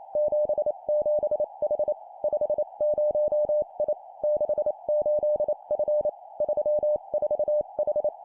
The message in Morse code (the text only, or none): 77H 50I 68F 34H